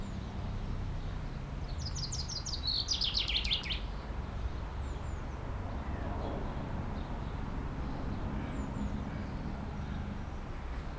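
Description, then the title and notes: Common chaffinch sings one quick, cascading trill that drops in pitch and ends with a flourish; faint thin high notes follow amid a low steady hum. Singing in a tree while preening, 30 Rue Eugène Fert, Aix-les-Bains, France; faint Sierroz stream in background. "30 Rue Eugène Fert, 73100 Aix-les-Bains, France - Pinson des arbres. Un pinson chante dans un arbre et je le vois faire sa toilette, une petite séquence différente de sa ritournelle habituelle"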